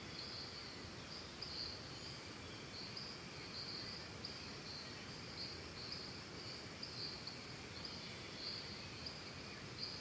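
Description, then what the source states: Constant high cricket trill with bright pulses scattered across the whole stretch, set against a soft steady rushing noise. Costa Rica; calm forest and jungle ambience.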